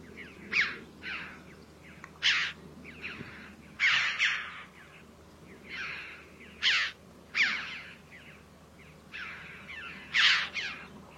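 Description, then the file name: Red-billed chough calls: strident high 'kyaa' notes repeated at irregular intervals, above a low rumbling background. "Canto do gralha de bico vermelho"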